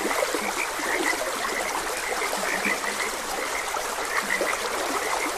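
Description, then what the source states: Frogs croaking, with bright chirpy notes and a few low croaks scattered throughout, over the steady rush of a flowing stream. Frogs croaking beside a gentle stream.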